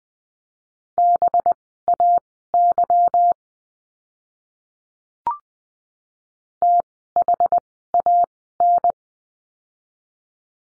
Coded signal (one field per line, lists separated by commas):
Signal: Morse code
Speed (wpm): 20 wpm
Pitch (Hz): 700 Hz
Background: none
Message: BAY THAN